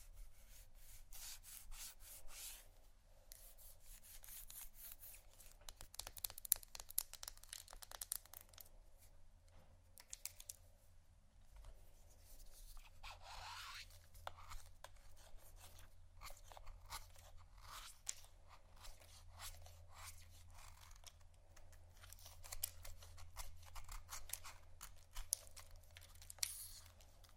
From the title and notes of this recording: ASMR Soap & Candle Carving （No Talking）.